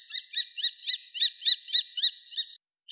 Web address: Falco tinnunculus